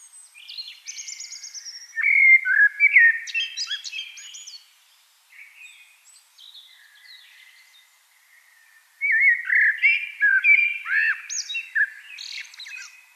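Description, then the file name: Eurasian blackbird song: rich fluting warbled phrases ending in high squeaky twitters, two loud bursts separated by a quieter stretch of soft twittering. "Turdus merula"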